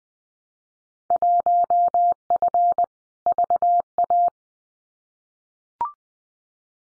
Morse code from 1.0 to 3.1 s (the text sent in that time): 1F